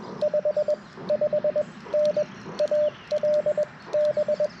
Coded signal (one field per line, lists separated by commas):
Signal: Morse code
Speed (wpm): 21 wpm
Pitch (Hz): 600 Hz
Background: radio noise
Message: 55N AL B